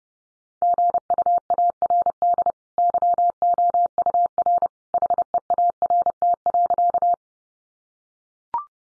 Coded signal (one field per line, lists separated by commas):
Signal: Morse code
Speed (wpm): 30 wpm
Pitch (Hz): 700 Hz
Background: none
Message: GUARD YOUR HEART.